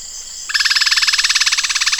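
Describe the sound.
Bird rattle: a fast, buzzy run of evenly repeated harsh pulses that starts abruptly and carries on steadily to the end.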